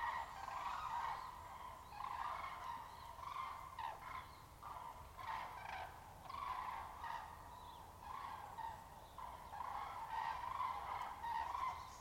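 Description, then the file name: Common cranes calling in a dense chorus, loud rolling trumpeted notes overlapping continuously with pulses of louder calling every second or two. At Der. "Grue-cendrée-Der"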